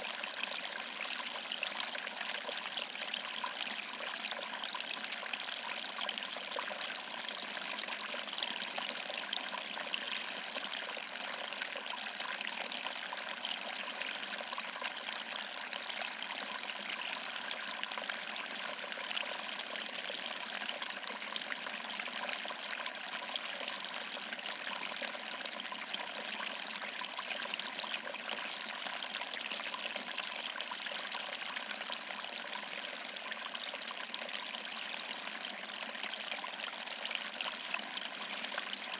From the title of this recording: Cute and Tiny Waterfall